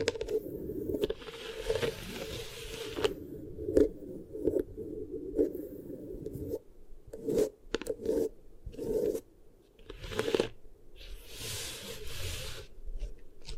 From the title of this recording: Beeswax Ear Triggers